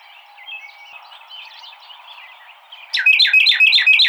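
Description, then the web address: Carolina wren song begins near the end with a rapid series of loud repeated rolling notes, after a stretch of soft background bird chatter and twitters. Recorded 26 March 2007. "Carolina Wren 2007 03 26"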